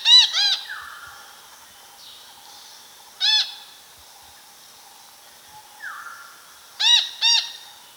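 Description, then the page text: Red-breasted parakeet harsh arched squawks in short single or doubled bursts, spaced a few seconds apart, with a faint sliding whistle-like sound between bursts. "Red-Breasted Parakeet Calls. Quick Sounds"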